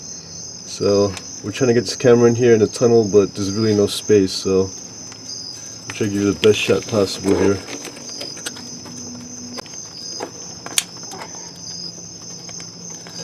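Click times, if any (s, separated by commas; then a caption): 10.8 s. Someone talks while pushing a wiring harness electrical connector into the socket on the side of a transmission in a cramped tunnel, with a steady high-pitched whine running underneath throughout. After the talking stops, faint ticks come at about 8.5 s and 10.7 s, then a sharp click at 10.8 s as the connector seats.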